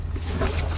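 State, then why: Not seated. A heater hose connector is handled at the rear coolant fitting during a heater hose T-fitting replacement on a Chevy Suburban, Tahoe, Silverado, GMC Yukon or Sierra 1500. A steady low rumble runs throughout, with a brief sharp rise at 0.8 s as the clip ends. Nothing has seated or clicked yet.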